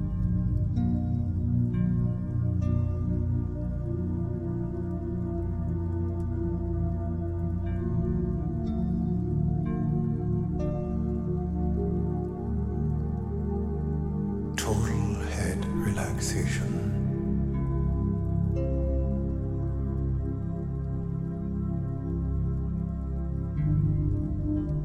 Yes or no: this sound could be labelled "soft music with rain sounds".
yes